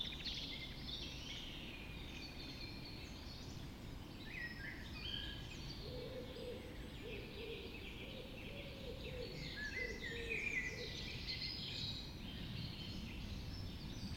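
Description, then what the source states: Full dawn chorus, many birds trilling and chirping high and continuously, with a lower soft note repeated through the middle, over a constant low rumble. Dawn chorus recorded just after dawn in the Forest of Dean.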